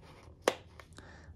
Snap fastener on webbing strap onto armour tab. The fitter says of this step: nice satisfying snap the velcro attaches in the middle tab